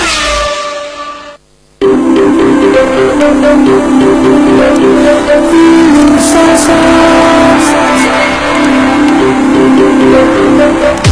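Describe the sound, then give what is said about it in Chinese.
Go-kart engines at Sonic Karting roar and rev steadily, a loud buzzing drone whose pitch rises and dips as they race, after a brief gap of silence near the start. “我们心中都有个舒马赫，但不是每个人都开过 F1。成为索尼克卡丁车，带你撒把野，你就是下一个车王。”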